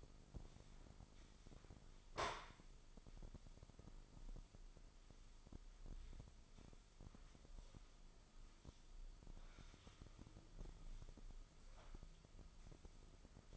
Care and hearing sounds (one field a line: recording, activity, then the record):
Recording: daily activity, microphone in the room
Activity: sweep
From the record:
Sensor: 5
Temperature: 24.6 degrees Celsius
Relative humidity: 32.2%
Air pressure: 996.1 hPa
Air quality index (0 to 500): 100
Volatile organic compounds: 6 ppm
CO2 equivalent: 1921 ppm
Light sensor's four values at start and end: 45/109/45/48 and 45/109/45/48